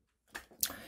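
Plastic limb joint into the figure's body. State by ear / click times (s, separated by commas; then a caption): seated / 0.6 s. A plastic limb joint is pushed into the body of an AOYI Mech Scorn plastic transforming figure, with a softer knock at 0.3 s. A sharp click follows at 0.6 s as the part seats and is fixed in place.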